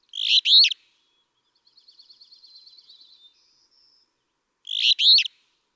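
Alder Flycatcher song: two harsh, burry phrases about four and a half seconds apart, separated by a quiet rapid chattering trill.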